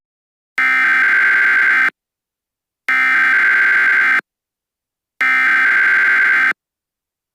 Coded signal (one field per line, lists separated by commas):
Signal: Emergency Alert System (SAME) tones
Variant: header bursts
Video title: EAS Winter Storm Warning in Wisconsin